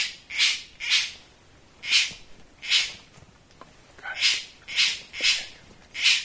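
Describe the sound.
Bird repeating harsh, buzzy squawks in loose pairs and short runs, with brief gaps between groups.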